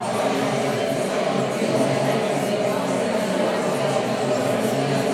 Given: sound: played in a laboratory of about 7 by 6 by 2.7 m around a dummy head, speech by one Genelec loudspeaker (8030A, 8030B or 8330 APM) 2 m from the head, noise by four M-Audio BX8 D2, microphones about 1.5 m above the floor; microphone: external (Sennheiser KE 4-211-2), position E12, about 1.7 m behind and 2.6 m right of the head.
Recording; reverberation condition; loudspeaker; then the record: babble noise; high; four, about 170 cm from the corners of the room and facing them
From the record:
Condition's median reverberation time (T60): about 1300 ms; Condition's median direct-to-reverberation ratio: about -4.0 dB